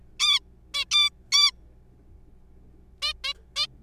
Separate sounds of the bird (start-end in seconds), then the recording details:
0.20-0.40, 0.74-0.84, 0.91-1.10, 1.32-1.51, 3.02-3.13, 3.24-3.34, 3.56-3.66. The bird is a juvenile. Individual R3428